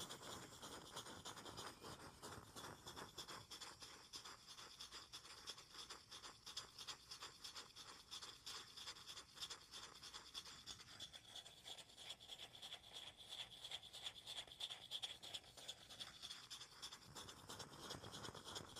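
Dense, continuous scratching and scraping on wood and cork, a steady run of quick rasping strokes with no talking. The texture stays busy and bright throughout, with a faint thin whistle-like tone rising in the middle and fading near the end.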